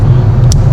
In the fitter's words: until you hear a click and then make sure you